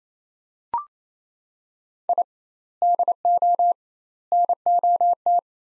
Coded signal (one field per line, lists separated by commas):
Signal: Morse code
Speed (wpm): 28 wpm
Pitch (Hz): 700 Hz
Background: none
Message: I DO NOT